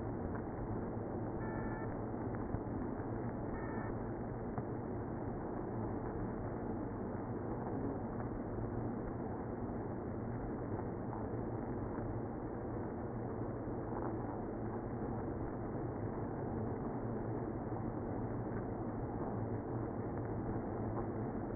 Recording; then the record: honeybee colony, microphone inside the hive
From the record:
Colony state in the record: queenless (queen removed); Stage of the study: after two queens were removed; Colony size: about 60,000 bees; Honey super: yes